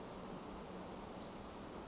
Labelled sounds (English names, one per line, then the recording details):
Western Flycatcher
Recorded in Sonoma County, California